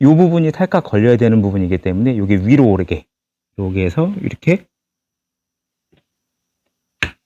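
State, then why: Seated. A roller mop part is fitted into a Roborock robot vacuum body, its catch edge lined up with the slot and pushed in while someone talks. After a short quiet stretch, a single sharp click sounds at 7.0 s as the part snaps and seats into place.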